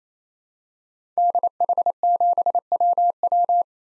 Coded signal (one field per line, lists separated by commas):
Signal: Morse code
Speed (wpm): 28 wpm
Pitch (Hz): 700 Hz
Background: none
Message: DH7WW